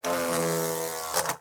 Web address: wasp fly wings take off land buzz close insect bug